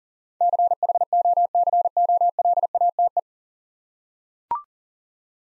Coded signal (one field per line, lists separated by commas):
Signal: Morse code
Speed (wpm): 39 wpm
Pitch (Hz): 700 Hz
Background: none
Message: CHOCOLATE